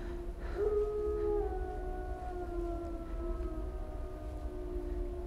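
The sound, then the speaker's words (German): Mixed-breed, wolf-like dogs howl in long, drawn-out wails, several voices overlapping with sustained tones that slowly slide downward, rising over a steady low rumble without any speech. “Wölfe.”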